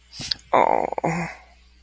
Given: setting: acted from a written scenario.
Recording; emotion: vocal sound without words; distress